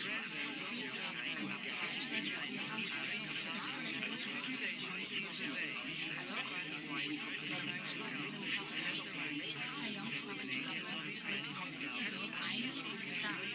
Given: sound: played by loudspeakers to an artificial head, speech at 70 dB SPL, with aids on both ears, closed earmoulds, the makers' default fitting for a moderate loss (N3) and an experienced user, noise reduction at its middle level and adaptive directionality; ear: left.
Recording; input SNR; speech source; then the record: speech test signal (ISTS) in cocktail-party noise; -6 dB; on the right (90 degrees)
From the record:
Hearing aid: class 1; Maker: D